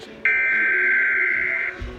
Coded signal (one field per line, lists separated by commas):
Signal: Emergency Alert System (SAME) tones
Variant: header bursts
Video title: EAS #39 Severe Thunderstorm Warning